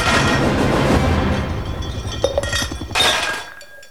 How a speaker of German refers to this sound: Das muss er gewesen sein. Der Spiegel. Überall Scherben. Es war das Glas.